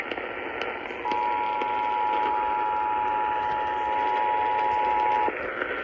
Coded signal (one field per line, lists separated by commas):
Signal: Emergency Alert System (SAME) tones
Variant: 853 and 960 Hz attention tone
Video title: KDKA TOR EAS-570